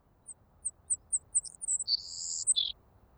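Saltmarsh sparrow singing one phrase of very high, thin ticks that run into gasping, buzzy hisses and a lower closing buzz.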